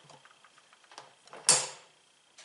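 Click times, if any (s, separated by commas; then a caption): 1.5 s. A plastic carry handle with spring clicker tabs is pushed down into its sockets on a Bauer 6 5 shop vac lid, with a few faint taps and knocks before it. The tabs click through with one sharp, loud snap at 1.5 s that rings out briefly, followed by a soft knock near 2.4 s. The handle is seated.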